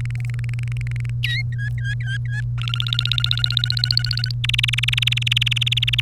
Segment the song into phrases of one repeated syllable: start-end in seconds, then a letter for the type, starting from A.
0.01-1.10 A, 1.23-1.42 B, 1.52-2.41 C, 2.58-4.31 D, 4.44-6.00 E